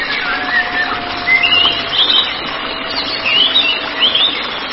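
White-rumped shama song: a few clear whistled phrases, some rising and some slurred, spaced throughout over a steady hiss and a faint steady tone.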